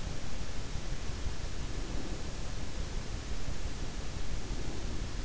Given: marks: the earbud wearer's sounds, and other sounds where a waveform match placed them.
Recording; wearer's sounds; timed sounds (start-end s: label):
sounds in sleep by an in-ear microphone; breath
1.62-2.34 s: breath
4.54-5.19 s: breath